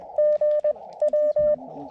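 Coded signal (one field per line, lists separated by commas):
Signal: Morse code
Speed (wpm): 20 wpm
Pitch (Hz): 590 Hz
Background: none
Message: GW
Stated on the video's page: CW summit (SOTA) and park (POTA) activation from a rainy, foggy mountain summit fire tower area; eleven contacts made.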